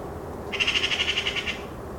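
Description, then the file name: Eurasian magpie chatter, a single dry rattle of rapid, evenly spaced harsh clacks lasting about a second, with faint low background noise. "Pica pica"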